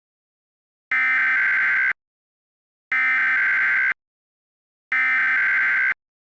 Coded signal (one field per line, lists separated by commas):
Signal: Emergency Alert System (SAME) tones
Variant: header bursts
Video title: EAS Mock - IT'S SINGING?!